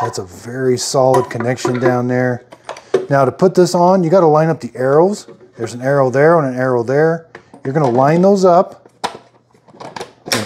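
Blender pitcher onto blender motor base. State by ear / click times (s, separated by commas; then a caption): seated / 10.3 s. Someone talks while lining up the arrows on the plastic pitcher of a Ninja Professional Plus Kitchen System Blender BN801 and its motor base. A few light knocks follow from about 9.5 s to 10.0 s as the pitcher is pushed down. A sharp click at 10.3 s marks the pitcher seating onto the motor base.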